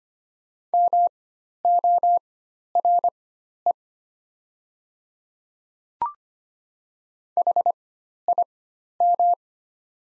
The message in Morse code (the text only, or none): MORE HIM